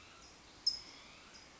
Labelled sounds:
California Towhee
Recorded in Sonoma County, California

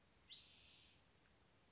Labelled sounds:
Spotted Towhee
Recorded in Sonoma County, California

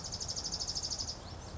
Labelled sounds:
Dark-eyed Junco
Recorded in Sonoma County, California

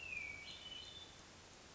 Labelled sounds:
Hermit Thrush
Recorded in Sonoma County, California

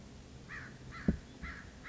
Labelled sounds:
American Crow
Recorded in Sonoma County, California

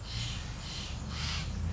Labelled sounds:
Steller's Jay
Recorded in Sonoma County, California

